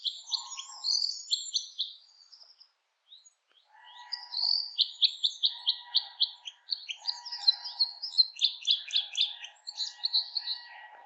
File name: Red Crossbill